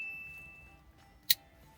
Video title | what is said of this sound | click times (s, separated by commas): Isuzu D-Max Vhedia Head Unit Installation - Full Install Guide (2020+) | Snap into place. | 1.3 s